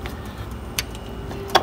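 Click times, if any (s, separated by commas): 0.8 s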